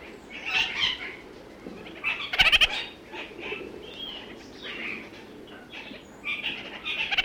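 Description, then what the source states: Red-crowned parakeet calling: phrases of nasal chattering notes with one loud rattling burst in the middle, over steady low background noise. New Zealand.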